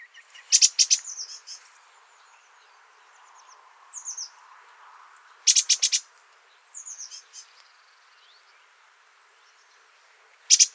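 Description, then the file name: Great tit calling: clusters of high, sharp notes in bursts roughly every five seconds, with thinner descending notes between them. "Parus major"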